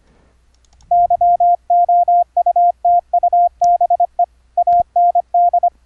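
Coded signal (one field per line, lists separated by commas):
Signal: Morse code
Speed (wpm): 25 wpm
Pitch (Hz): 700 Hz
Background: none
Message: YOUTUBE AND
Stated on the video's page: Morse sidetone routed over the internet through Mumble using virtual audio cables in software.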